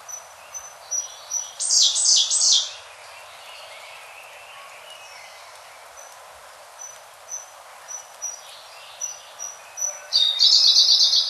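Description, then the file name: Siberian blue robin song: a loud rattling trill near two seconds, then a string of thin high 'tsip' notes, and another fast buzzy trill at the end. "koruri"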